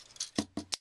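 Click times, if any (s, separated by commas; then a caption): 0.7 s. Two plastic parts of a Transformers Dark of the Moon Voyager Shockwave action figure are pushed back together, a fit that can be tough. A few short plastic knocks and scrapes lead up to a sharp, bright click at 0.7 s as the parts snap into place and seat.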